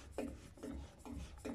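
A Hive thermostat head (2022) is placed onto a radiator valve and lined up before being screwed down. Four short rubbing, rasping scrapes are heard at about 0.2, 0.6, 1.1 and 1.4 seconds. Nothing has seated or clicked yet.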